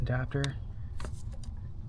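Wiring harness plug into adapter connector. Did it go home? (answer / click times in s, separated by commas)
yes / 1.4 s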